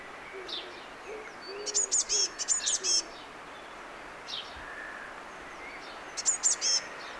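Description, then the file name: Eurasian blue tit calls: a few quick bursts of very high, thin, sharp notes, several per burst, with soft low cooing notes faintly behind. "Cyanistes caeruleus"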